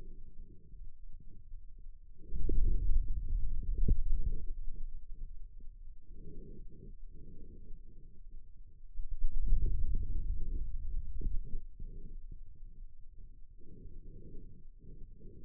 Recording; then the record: forearm muscle sounds (acoustic myography)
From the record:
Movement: hand closing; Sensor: system 2, bracelet of six BSWA MPA416 microphones around the upper forearm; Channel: 4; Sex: male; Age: 22 years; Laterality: right